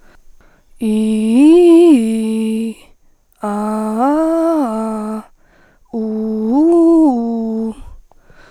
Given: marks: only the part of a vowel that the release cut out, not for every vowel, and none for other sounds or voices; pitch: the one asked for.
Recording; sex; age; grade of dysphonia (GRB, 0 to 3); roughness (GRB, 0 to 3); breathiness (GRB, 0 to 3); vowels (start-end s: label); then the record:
sustained vowels; female; 30 to 39 years; 2; 1; 2
0.87-2.50 s: vowel /i/, low-high-low pitch
3.50-5.01 s: vowel /a/, low-high-low pitch
6.01-7.65 s: vowel /u/, low-high-low pitch
From the record:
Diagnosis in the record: hyperfunctional dysphonia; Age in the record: 33 years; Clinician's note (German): Ausgeprägte Form, mit beginnender Phonationsverdickung beidseitig